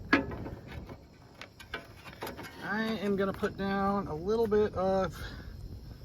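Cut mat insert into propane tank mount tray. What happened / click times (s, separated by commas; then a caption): The fitted insert popped into place / 0.1 s. A cut-to-fit piece of what seems to be rubber floor-mat material is pressed into the propane tank mount tray of a pop-up camper and pops into place with a sharp, loud hit at 0.1 s. Several fainter taps follow, then someone talks.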